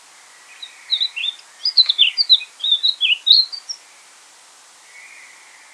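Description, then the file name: Eurasian blackcap delivering a quick, varied warbling phrase of bright, high notes over a steady hiss of background noise. "Sylvia atricapilla"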